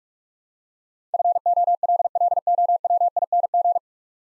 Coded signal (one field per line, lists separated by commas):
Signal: Morse code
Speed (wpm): 43 wpm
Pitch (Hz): 700 Hz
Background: none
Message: FOLLOWING